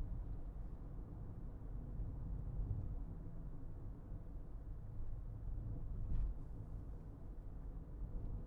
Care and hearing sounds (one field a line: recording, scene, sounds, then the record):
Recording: everyday scene through a hearing-aid microphone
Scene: in a vehicle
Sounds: engine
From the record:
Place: Berlingo II, diesel engine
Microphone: behind the ear, left, front